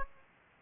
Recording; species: mosquito wingbeat signal from an infrared sensor; Aedes aegypti